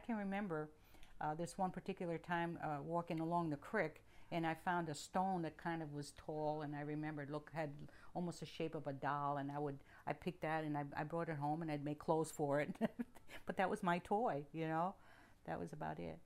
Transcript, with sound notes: And I can remember this one particular time walking along the creek, and I found a stone that kind of was tall, and I remember it had almost the shape of a doll, and I would, I picked that, and I brought it home, and I'd make clothes for it. (she laughs) But that was my toy, you know. That was about it.